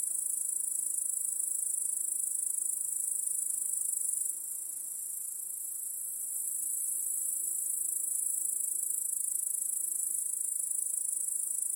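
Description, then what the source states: Crickets produce an even, high-pitched continuous trill that dips briefly in the middle before returning to full strength. Chorus of crickets in a home backyard, heard in the evening as day turns to night.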